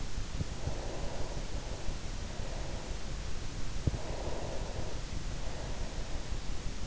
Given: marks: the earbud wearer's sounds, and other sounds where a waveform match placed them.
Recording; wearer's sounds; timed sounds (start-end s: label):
sounds in sleep by an in-ear microphone; breath
0.51-2.98 s: breath
3.76-6.87 s: breath